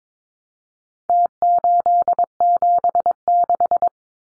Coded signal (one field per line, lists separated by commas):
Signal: Morse code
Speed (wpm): 22 wpm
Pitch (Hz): 700 Hz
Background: none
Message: T876